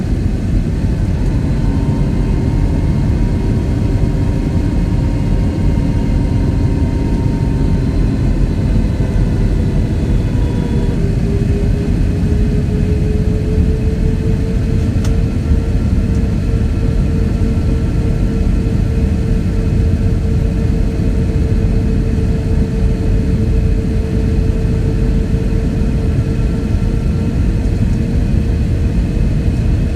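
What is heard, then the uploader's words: Cabin sound during an airplane landing: a heavy, steady low roar fills the whole half minute at an even loudness. Engine tones hum through it, one shifting pitch slightly near eleven seconds, then holding steady, with a faint brief click around fifteen seconds. Landing at JFK.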